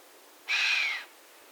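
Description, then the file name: Chamois giving a single hissing whistle about half a second long, breathy and broad with a faint tone that sags slightly at the end; otherwise quiet. "Camoscio da xenocanto"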